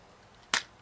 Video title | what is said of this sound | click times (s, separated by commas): LEGO Star Wars Droid Gunship 75042 Winter 2014 set Review | snaps back into place like that | 0.5 s